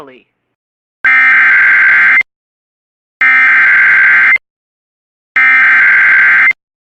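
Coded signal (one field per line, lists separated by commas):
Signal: Emergency Alert System (SAME) tones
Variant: header bursts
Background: speech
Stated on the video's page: Relays of weather alerts recorded from WJON-IP Weatherscan on MyTuner Radio, with valid EAS tones.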